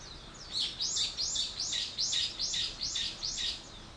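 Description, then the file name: Bird call series: many high arched chirps repeated in quick succession. "wild bird"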